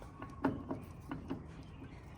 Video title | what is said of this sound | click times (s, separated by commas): Pontoon boat Inboard conversion pt1 | it's locked now so easy fix all I got to do is take this turn it in | 0.5 s